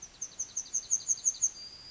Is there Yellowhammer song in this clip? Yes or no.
yes